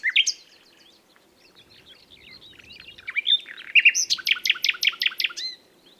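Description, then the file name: Common nightingale song with mixed whistles and chirps, building into a loud, rapid run of repeated sharp notes before stopping abruptly. "Luscinia megarhynchos"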